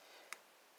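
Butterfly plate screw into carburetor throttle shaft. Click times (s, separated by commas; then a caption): 0.3 s. A torque screwdriver tightens a small screw that holds the throttle butterfly plate to the throttle shaft of a BS33 carburetor on a Yamaha XJ700X during a carb rebuild. A single short, sharp click at 0.3 s stands out against quiet background hiss. The click shows the driver has reached its torque setting and the screw is tightened to torque.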